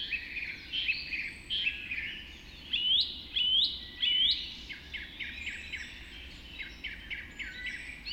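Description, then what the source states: Dawn chorus of several birds, with bright chirps and a run of loud upswept whistles midway, then softer chattering notes. Dawn chorus recorded just after dawn in the Forest of Dean.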